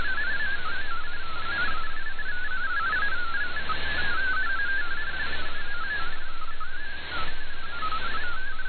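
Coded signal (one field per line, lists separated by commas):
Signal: multi-tone FSK (Olivia or MFSK type)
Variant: MFSK32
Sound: continuous warbling tone hopping quickly between many pitches, with background shortwave hiss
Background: radio static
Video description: I precociously prepared to switch to MFSK64 manually, even though it was not required, as well as a switch back to MFSK32.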